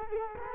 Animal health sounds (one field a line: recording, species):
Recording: mosquito wingbeat signal from an infrared sensor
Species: Culex quinquefasciatus